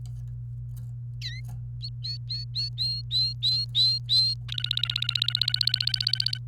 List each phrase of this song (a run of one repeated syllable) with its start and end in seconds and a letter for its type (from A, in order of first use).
1.22-1.40 A, 1.83-4.34 B, 4.48-6.38 C